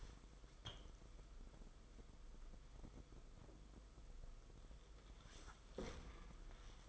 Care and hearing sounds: daily activity, microphone in the room; wipe stove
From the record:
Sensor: 5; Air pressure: 990.6 hPa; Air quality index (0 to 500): 154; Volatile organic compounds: 191 ppm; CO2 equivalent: 4181 ppm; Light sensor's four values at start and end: 43/120/49/53 and 41/113/46/50

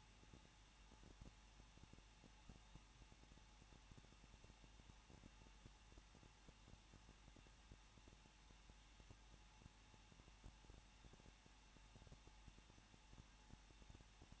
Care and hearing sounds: daily activity, microphone in the room; no activity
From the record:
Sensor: 1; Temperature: 20.1 degrees Celsius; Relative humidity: 39.1%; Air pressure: 1006.3 hPa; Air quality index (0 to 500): 217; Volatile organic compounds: 76 ppm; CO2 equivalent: 3572 ppm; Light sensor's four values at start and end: 1/2/1/1 and 1/2/1/1

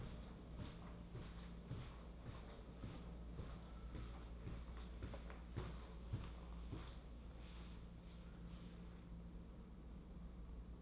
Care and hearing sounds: daily activity, microphone in the room; walk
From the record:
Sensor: 1

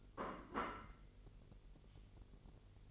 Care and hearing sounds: daily activity, microphone in the room; place plate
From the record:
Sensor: 4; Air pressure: 1002.9 hPa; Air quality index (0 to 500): 248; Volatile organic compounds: 20 ppm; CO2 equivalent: 2688 ppm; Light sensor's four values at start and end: 5/12/4/5 and 5/12/4/5

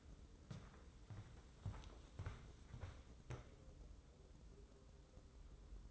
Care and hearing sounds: daily activity, microphone in the room; walk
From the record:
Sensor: 3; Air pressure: 995.9 hPa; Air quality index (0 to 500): 249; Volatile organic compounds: 1000 ppm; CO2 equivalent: 6379 ppm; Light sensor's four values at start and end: 40/100/43/47 and 44/106/47/51

